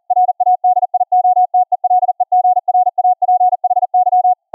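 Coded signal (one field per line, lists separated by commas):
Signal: Morse code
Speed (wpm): 41 wpm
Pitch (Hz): 730 Hz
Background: none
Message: RADIOTELEGRAPHY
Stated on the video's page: Software-generated CW copy-by-ear practice at 40 wpm, about 20.2 kHz VLF, through a class D amp into a ferrite rod transmit antenna, received on another ferrite antenna.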